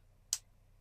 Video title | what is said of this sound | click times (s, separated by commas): THIS Marvel Legends Figure Is AMAZING! | Just snaps in place, and you can have him holding one of the batons, | 0.3 s